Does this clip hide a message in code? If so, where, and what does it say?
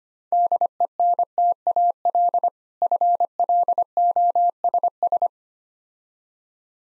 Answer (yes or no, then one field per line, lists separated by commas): yes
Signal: Morse code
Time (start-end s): 0.3-5.3 s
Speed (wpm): 25 wpm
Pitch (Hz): 700 Hz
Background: none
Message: DENTAL FLOSS